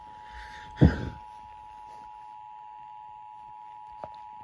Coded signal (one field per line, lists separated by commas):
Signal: Emergency Alert System (SAME) tones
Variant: 853 and 960 Hz attention tone